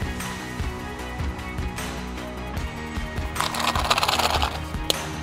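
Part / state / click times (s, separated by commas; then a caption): plastic toy ball shell halves closing together / seated / 4.9 s. Two plastic halves of a toy Pokeball filled with rocks, added as weight so it won't float in silicone, are pressed together over background music. A burst of rattling and scraping clicks runs from about 3.4 to 4.5 s, and the latch snaps shut with a sharp click at 4.9 s, sealing the ball closed.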